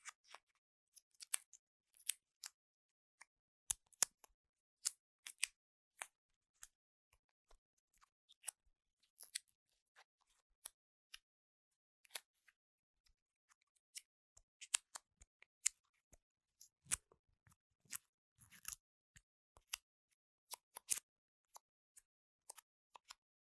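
Sharp tapping on Apple gadgets, keyboards and product boxes comes as crisp, bright clicks against silence. The taps fall irregularly, sometimes alone and sometimes in quick clusters, with a busier stretch of rapid tapping between about 15 and 19 seconds.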